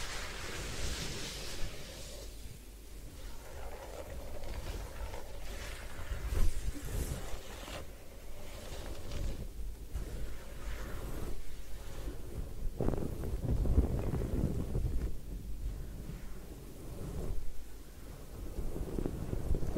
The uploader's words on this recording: Head Spa Hair Wash, Massage, Ear Cleaning.